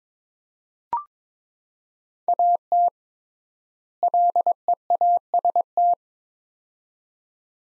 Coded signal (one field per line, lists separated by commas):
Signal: Morse code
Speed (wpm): 21 wpm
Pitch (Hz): 700 Hz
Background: none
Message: AT LEAST